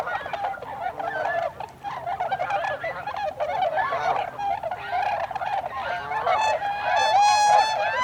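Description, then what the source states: Tundra swan flock calling, a busy run of overlapping hoots, with a few louder, clearer bugling notes standing out near the end. Recorded 26 December 2020.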